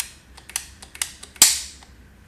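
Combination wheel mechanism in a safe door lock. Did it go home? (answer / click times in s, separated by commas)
yes / 1.4 s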